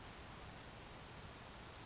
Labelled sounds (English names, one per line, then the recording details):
Grasshopper Sparrow
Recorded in Sonoma County, California